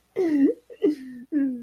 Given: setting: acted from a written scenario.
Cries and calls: vocal sound without words; distress

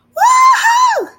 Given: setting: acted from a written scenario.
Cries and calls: vocal sound without words; elation

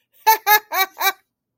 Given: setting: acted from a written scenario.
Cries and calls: vocal sound without words; amusement

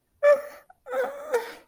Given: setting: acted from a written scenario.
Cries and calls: vocal sound without words; confusion

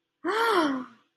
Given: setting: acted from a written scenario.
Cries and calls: vocal sound without words; awe

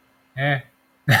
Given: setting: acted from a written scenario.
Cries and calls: vocal sound without words; neutral

